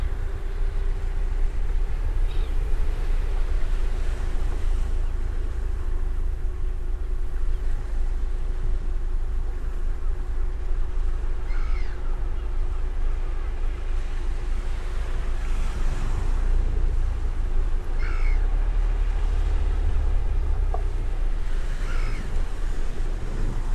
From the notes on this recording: the rhythmic dance of waves and the gentle whispers of the beach